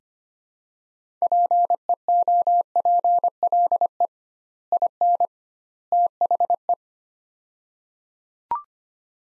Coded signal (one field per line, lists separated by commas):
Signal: Morse code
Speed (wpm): 25 wpm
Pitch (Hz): 700 Hz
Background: none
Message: PEOPLE IN THE